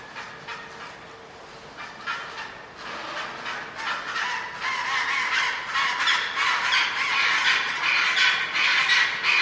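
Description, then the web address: Penguin colony din, many harsh calls overlapping and building louder toward the end, with a faint steady hum. Large penguin colony recorded indoors as ambience. "bird penguin large penguin colony indoor ambience"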